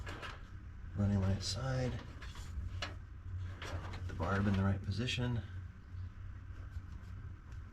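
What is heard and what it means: On a 1969 Dodge Charger's tail light wiring, a barbed running light wire terminal is handled and lined up in the right position before being pushed into its plastic connector housing, while someone talks. Faint handling ticks and rustles are heard around 2.2, 2.8 and 3.6 seconds, but the terminal has not seated or clicked into the housing yet.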